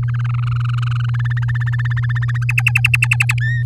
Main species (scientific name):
Serinus canaria